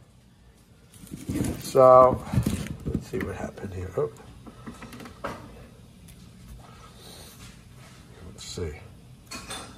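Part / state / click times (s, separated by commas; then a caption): expansion battery cable connector into portable power station input port / not seated / none. Someone talks while handling the cable connector of a DIY expandable battery at the input port of a Bluetti AC180 portable power station, with brief handling knocks and rustles. The connector has not seated or clicked yet by the end of the clip.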